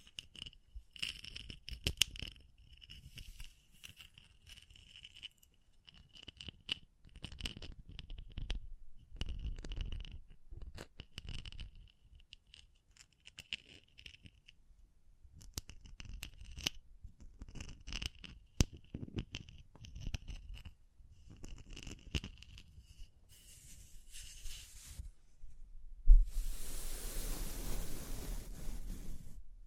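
Tapping, scratching and crinkling come in irregular bursts, with quick clicks and rustles separated by short quiet gaps. A thin high ringing tone recurs through the first twenty-five seconds. Near the end, a dense steady brushing hiss takes over.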